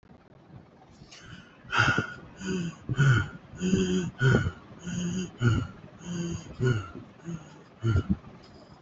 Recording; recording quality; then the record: shallow breathing; moderate, slight background noise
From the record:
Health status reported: healthy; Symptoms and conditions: none ticked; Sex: male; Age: 25 years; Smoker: not ticked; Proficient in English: yes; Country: India